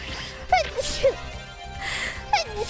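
Two voiced sneezes from the speaker, each a rising 'ah' followed by a sharp, hissing burst of air.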